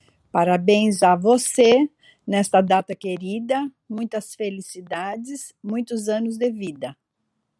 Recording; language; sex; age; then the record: short text; Brazilian Portuguese; female; 60 to 69 years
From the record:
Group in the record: control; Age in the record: 67 years